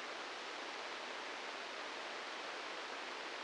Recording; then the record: brain microelectrode recording played as sound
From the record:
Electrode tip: inside the subthalamic nucleus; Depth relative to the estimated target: 1 mm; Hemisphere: right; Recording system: NeuroSet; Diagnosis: Parkinson's disease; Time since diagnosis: 15 years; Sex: female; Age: 59 years